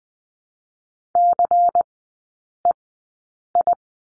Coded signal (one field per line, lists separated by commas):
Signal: Morse code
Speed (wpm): 20 wpm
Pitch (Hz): 700 Hz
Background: none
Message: CEI